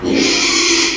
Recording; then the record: squeal of a Yucatan mini pig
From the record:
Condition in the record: after surgery on the right vocal fold (resection and tissue-engineered implant); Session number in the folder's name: 2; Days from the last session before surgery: 13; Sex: male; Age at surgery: 12 weeks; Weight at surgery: 13 kg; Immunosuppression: cyclosporine, prednisolone